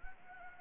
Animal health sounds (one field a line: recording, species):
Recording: mosquito wingbeat signal from an infrared sensor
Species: Anopheles gambiae